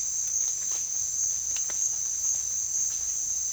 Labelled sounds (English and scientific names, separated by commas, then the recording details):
none
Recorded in secondary vegetation near Puerto Asís, Putumayo, Colombia, on 30 June 2025 at 13:30
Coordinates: 0.498, -76.327
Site GP09